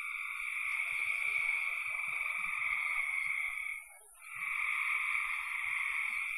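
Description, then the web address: Frogs produce a continuous buzzy trilled chorus, dipping briefly around four seconds, beneath a steady high-pitched hiss. "cn frogs"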